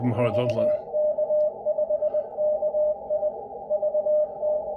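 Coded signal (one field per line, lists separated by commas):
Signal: Morse code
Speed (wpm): 20 wpm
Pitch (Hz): 610 Hz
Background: speech, radio noise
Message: VK5KI VT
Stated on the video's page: 20m CW contact with a DXpedition at 10 watts from an IC-705 using its memory keyer, split operation.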